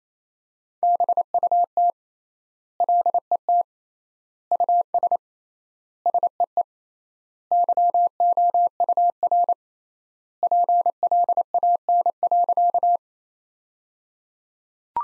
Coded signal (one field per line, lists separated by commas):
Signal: Morse code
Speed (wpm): 28 wpm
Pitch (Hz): 700 Hz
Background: none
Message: BUT LET US SEE YOUR PLAN.